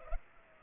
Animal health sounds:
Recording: mosquito wingbeat signal from an infrared sensor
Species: Culex pipiens

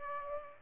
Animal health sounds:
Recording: mosquito wingbeat signal from an infrared sensor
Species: Aedes aegypti

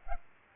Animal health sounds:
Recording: mosquito wingbeat signal from an infrared sensor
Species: Aedes aegypti

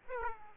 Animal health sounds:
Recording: mosquito wingbeat signal from an infrared sensor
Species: Aedes aegypti

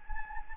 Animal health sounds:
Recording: mosquito wingbeat signal from an infrared sensor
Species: Anopheles gambiae

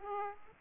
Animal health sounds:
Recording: mosquito wingbeat signal from an infrared sensor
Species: Aedes aegypti

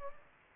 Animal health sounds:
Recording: mosquito wingbeat signal from an infrared sensor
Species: Anopheles gambiae

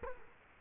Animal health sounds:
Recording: mosquito wingbeat signal from an infrared sensor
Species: Culex quinquefasciatus

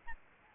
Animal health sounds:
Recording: mosquito wingbeat signal from an infrared sensor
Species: Aedes albopictus

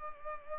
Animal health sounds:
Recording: mosquito wingbeat signal from an infrared sensor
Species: Culex pipiens

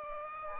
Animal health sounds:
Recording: mosquito wingbeat signal from an infrared sensor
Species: Aedes aegypti

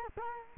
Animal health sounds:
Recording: mosquito wingbeat signal from an infrared sensor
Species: Culex quinquefasciatus

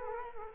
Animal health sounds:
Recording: mosquito wingbeat signal from an infrared sensor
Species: Culex quinquefasciatus

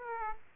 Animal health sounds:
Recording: mosquito wingbeat signal from an infrared sensor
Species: Aedes aegypti

